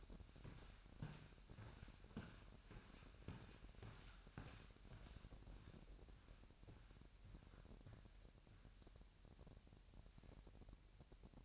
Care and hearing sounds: daily activity, microphone in the room; walk to room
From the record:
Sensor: 2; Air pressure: 1012.1 hPa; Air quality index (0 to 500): 156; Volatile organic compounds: 2 ppm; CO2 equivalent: 1125 ppm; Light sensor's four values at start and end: 82/195/80/79 and 83/197/81/79

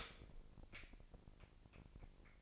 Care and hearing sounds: daily activity, microphone in the room; stop toaster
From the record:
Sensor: 5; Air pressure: 1007.1 hPa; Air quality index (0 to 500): 128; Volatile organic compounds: 1 ppm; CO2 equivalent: 972 ppm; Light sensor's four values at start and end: 30/69/29/30 and 30/69/29/30

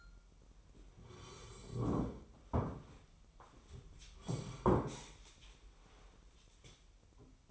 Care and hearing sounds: daily activity, microphone in the room; sit down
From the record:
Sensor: 1

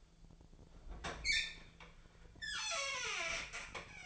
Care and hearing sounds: daily activity, microphone in the room; open fridge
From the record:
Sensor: 5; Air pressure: 1009.7 hPa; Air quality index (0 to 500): 163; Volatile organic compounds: 4 ppm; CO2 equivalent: 1585 ppm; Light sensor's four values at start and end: 104/271/112/119 and 105/272/112/120

